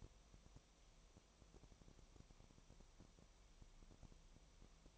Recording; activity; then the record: daily activity, microphone in the room; no activity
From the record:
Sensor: 1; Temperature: 19.4 degrees Celsius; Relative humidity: 35.7%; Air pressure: 1003.3 hPa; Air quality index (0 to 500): 113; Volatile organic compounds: 2 ppm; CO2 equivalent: 1257 ppm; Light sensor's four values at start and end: 1/2/1/1 and 1/2/1/1